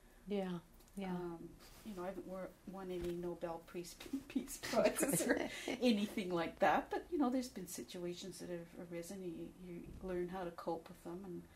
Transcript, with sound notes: Yeah. Yeah.
Um you know I haven't wa won any Noble priest -- peace prizes (both laugh) or anything like that. But you know there's been situations that have arisen -- you learn how to cope with em and